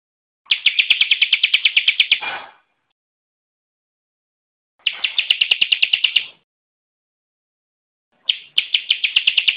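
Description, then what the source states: Bar-winged prinia delivering fast, even strings of sharp high notes, each phrase about one and a half to two seconds, separated by roughly two-second pauses. Local Indonesian name ciblek; birdsong (kicau).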